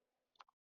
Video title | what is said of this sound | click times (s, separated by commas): First Spear Tubes Replacement | listen for that click | 0.4 s